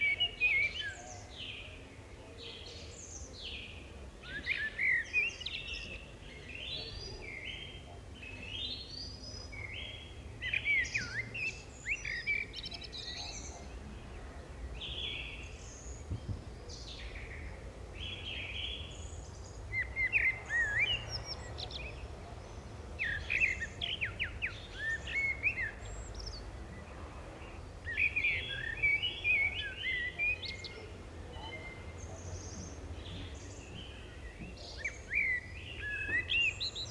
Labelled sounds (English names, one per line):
Common Blackbird song